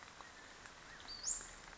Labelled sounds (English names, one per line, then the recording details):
Western Flycatcher
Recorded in Sonoma County, California